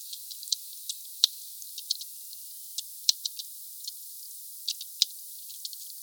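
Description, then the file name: Sperm whale clicks, slowed, come as scattered soft ticks broken by three loud sharp knocks about two seconds apart, against a background hiss. "Sphyrna Odyssey Glotinetal meute 4 Cachalots 3 kmdistance enregistre-2 msurface 12 mn Sud Monaco HP 8 k Hz ralenti 5 foisenviron 20200114"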